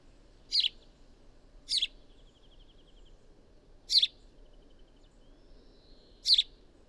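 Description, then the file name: House sparrow chirps: four short, bright notes with gaps of one to two seconds between them, and faint thin trills in between. "Passer domesticus"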